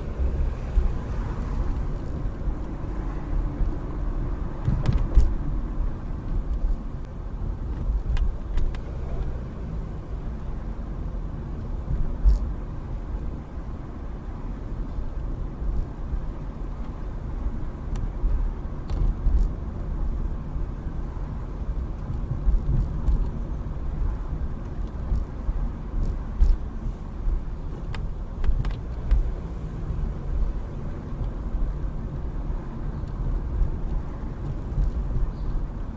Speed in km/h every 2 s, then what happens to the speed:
27, 34, 31, 21, 21, 24, 26, 26, 26, 27, 26, 26, 26, 19, 21, 26, 26, 26.
3-6 brakes to 21. 6-23 steady at about 26. 23-26 slows to 19. 26-30 speeds up to 26. 30-36 steady at about 26.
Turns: none.